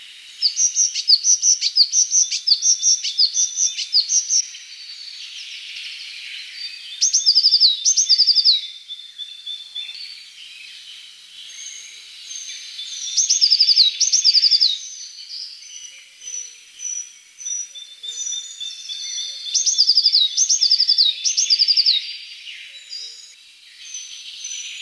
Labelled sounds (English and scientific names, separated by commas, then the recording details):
Eurasian Blue Tit (Cyanistes caeruleus) song
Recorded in the wild
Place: Oberrotweil am Kaiserstuhl, Baden-Württemberg, DE
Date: 1985-05-11
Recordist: Schwarz, Dieter